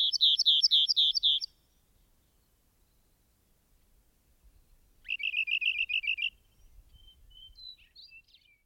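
Rock wren song: a quick run of about seven bright repeated notes, a long quiet gap, then a second rapid phrase of repeated notes and faint high notes afterward.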